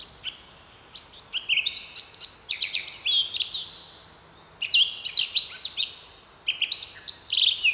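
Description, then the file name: Eurasian blackcap warbling in several bursts of fast, jumbled high notes separated by short silences. "Sylvia atricapilla"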